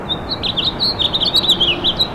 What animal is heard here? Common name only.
House Finch